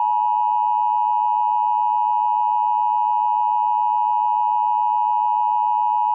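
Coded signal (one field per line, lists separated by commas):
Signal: Emergency Alert System (SAME) tones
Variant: 853 and 960 Hz attention tone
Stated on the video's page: Fictional audio drama; simulated alert within a radio station broadcast scenario.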